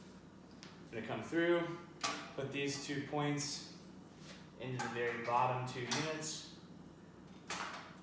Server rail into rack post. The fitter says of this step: push until it clicks